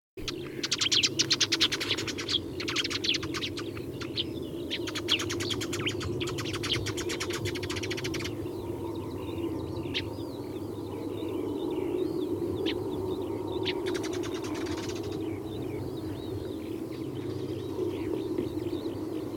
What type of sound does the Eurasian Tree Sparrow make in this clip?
call